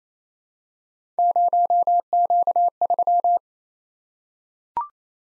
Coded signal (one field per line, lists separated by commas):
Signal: Morse code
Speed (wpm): 28 wpm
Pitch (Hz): 700 Hz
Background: none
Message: 0Q3